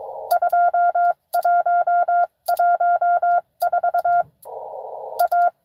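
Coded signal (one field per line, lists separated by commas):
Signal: Morse code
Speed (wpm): 22 wpm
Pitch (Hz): 720 Hz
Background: none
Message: 2114 A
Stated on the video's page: Live Parks on the Air activation in CW.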